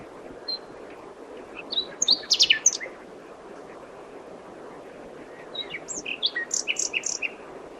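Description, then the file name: Nightingale song in two varied bursts of high chirps and trills separated by several seconds of low background hiss. "Luscinia megarhynchos"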